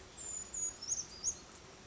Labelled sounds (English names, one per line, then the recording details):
Brown Creeper
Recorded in Sonoma County, California